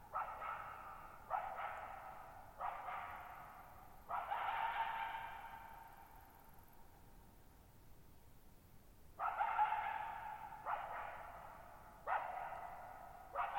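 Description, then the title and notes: Coyote barking in quick bursts, then a longer drawn-out call that fades, a pause, and more rapid barks, all with a long echoing decay. Lone wild coyote calling at night, July 14, 2019, in high mountain meadows at 1950 m, Okanogan National Forest, Pacific Northwest; very quiet, strongly reverberant bowl-shaped meadow over boggy ground. "Lone Coyote at Thirtymile Meadows. I spent the night of July 14, 2019, camped near Thirtymile Meadows in the Okanogan National Forest at 6400 ft (1950 m)"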